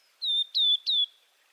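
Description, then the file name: Blue-and-white flycatcher song: three clear whistles, each gently falling. "cyanoptila cyanomelana twitter"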